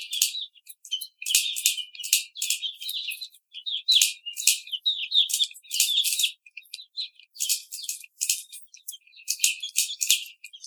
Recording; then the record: young laying hens in a cage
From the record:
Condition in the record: treatment cage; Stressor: simulated dog barking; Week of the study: 5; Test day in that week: 1